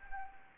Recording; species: mosquito wingbeat signal from an infrared sensor; Anopheles arabiensis